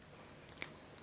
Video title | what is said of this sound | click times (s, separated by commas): Construire sa delorean #50 | les trous et essayer de mettre tout simplement la molette jusqu'à entendre un petit clip une | 0.6 s